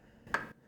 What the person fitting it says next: Right there. You hear that click? That click means it's already spun past the last thread.